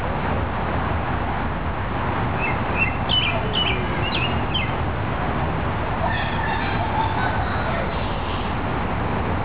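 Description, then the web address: Robin singing a burst of high, tinkling twittered notes, followed later by softer fragments, all set against a heavy, steady roar of flowing water. Recorded beside a river. "richfragrantchaos robin riverside"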